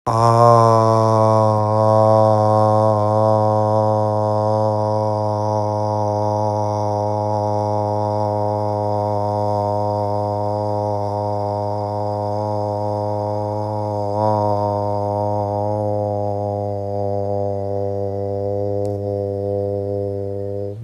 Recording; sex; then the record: sustained vowel /a/; male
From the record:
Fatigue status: no fatigue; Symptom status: symptomatic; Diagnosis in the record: COVID-19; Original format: m4a